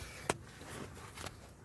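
The sensor plug is pushed back onto its connector on the power steering pump of a 2004 Dodge Ram 1500. A single sharp click at 0.3 s shows it has seated, followed by quieter rustling against a low background hum.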